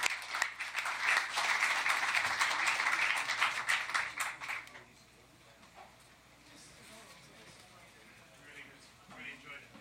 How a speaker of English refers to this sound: Just wanted to say thank you on behalf of B-Sides and Fitbit. We have a gift for you. And one more round of applause. Thank you.